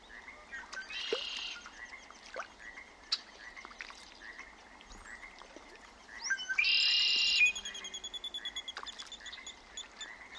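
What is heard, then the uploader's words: Springtime sounds at a remote mountain lake in Washington's Methow Valley: a chorus of chirping calls, likely frogs and birds, repeats steadily throughout. Two loud buzzing bursts stand out, one around the first second and a longer one near seven seconds, with scattered clicks and short splash-like ticks between. A great place to listen to insects — and birds — is a remote mountain lake in the spring. Gordon Hempton, an acoustic ecologist and sonic guide for the this series, recorded the sounds of this lake in Washington’s Methow Valley.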